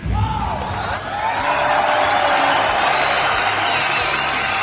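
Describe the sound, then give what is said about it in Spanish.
A loud crowd cheers and applauds continuously, a dense wash of clapping and shouting voices that swells after the first second and holds steady to the end. “Aplauso enorme para Cristina Chileacu, periodista de Digi24”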